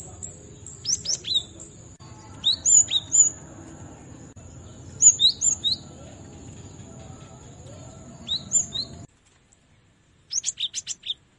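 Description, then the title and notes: Cinereous tit giving high, sharp chirped phrases over a steady high-pitched whine and low background noise that stops abruptly, followed by one final clean burst. Masteran training recording used to teach songbirds. "Masteran Gelatik Batu. burung gelatik"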